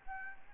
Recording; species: mosquito wingbeat signal from an infrared sensor; Anopheles gambiae